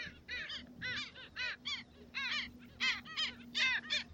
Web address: Black skimmer. پرنده-آب-شکاف-سیاه